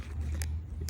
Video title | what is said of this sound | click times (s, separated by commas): How to fix 70 Series Landcruiser fuel filter light - Main and Secondary Fuel Filter replacement | see that so nice and easy click | 0.4 s